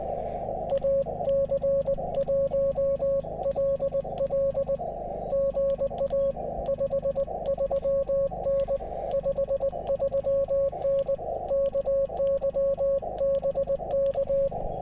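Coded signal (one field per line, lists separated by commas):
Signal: Morse code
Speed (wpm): 20 wpm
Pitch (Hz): 550 Hz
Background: none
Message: AC1LL GA 53N 53N KY BK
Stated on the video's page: QRP CW Parks on the Air activation at a state historic site, made on a backup radio after cabling for the new TR-35 was forgotten.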